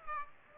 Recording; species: mosquito wingbeat signal from an infrared sensor; Aedes aegypti